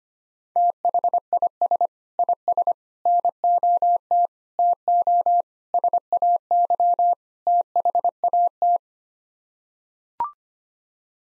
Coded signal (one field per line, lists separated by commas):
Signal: Morse code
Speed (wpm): 25 wpm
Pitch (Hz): 700 Hz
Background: none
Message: THIS IS NOT TO SAY THAT